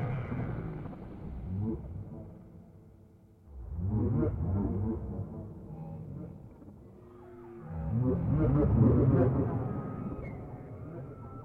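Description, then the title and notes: Whale sounds: three swelling bouts of low groaning, roaring tones rich in harmonics, separated by quieter rumbling stretches. Whale sounds presented without music, intended for sleep. "WHALE SOUNDS, WHITE NOISES. WHALE SOUNDS WITHOUT MUSIC"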